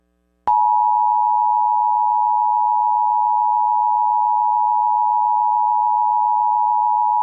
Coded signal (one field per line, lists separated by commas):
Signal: Emergency Alert System (SAME) tones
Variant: 853 and 960 Hz attention tone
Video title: EAS 30 AMBER ALERT FOR NEW MEXICO